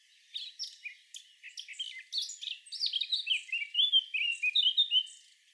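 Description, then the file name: Eurasian blackcap warbling, beginning with scattered scratchy chirps and building into a fast, loud run of mellow fluted notes that ends abruptly. "Sylvia atricapilla"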